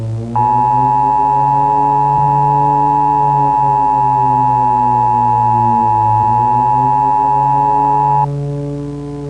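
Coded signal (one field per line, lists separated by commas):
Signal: Emergency Alert System (SAME) tones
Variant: 853 and 960 Hz attention tone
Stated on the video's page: EAS tones inside a Scratch game project themed on Half-Life, described as valid EAS tones.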